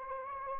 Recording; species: mosquito wingbeat signal from an infrared sensor; Anopheles gambiae